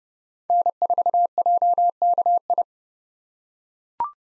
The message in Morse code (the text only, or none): N4JKI